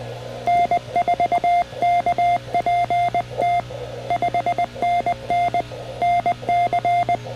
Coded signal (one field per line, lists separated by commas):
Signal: Morse code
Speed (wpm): 20 wpm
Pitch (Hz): 700 Hz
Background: none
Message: N4KPT 5NN NC